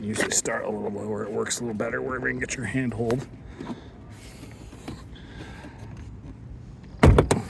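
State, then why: Released. Someone talks while pulling on the lower edge of a plastic interior door panel on a Subaru Outback to pop its retaining clips out of the metal door frame, as part of fixing child locks that won't disengage. After a quieter stretch, three sharp snaps ring out at 7.0, 7.2 and 7.3 seconds as the clips release and the panel comes loose.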